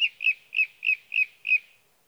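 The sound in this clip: Sage thrasher song phrase, a short slurred note repeated six times in steady rhythm, in quiet surroundings.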